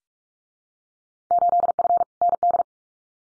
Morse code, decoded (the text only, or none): 8F ND